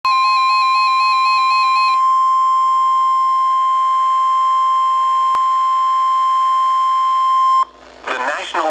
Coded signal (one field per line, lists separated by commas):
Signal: Emergency Alert System (SAME) tones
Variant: 1050 Hz attention tone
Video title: EAS noaa Toronto Warning for Kent county MD